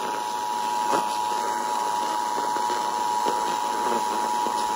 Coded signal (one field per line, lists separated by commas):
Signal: Emergency Alert System (SAME) tones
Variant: 853 and 960 Hz attention tone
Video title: EAS #448 Flash Flood Warning on WHAD-FM